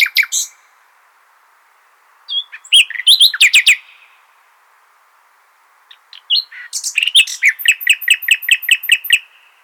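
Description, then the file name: Common nightingale song: short varied phrases with sharp clicks, pauses between them, ending in a long run of rapid repeated notes. "Luscinia megarhynchos"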